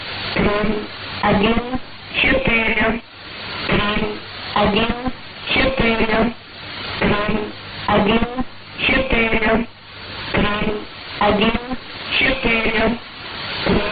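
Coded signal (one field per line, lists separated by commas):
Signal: numbers station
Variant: S06s Russian Lady, Russian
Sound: woman's voice reading short words, evenly spaced, steady rhythm over shortwave radio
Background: radio static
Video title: 01 02 2018 S06s Russian Lady numbers station in Russian to Eu 0940 on 9540 unknown tx site in CUSB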